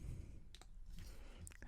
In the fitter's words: you heard that click so it goes in like that